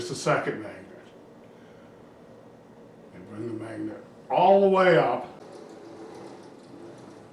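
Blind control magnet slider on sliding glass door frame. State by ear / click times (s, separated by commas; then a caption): not seated / none. Someone talks while sliding the external control magnet for a between-the-glass blind all the way up along a sliding glass door frame to line it up before it is pushed to lock. Only speech and faint handling noise are heard over a low, steady background. Nothing has seated or clicked yet.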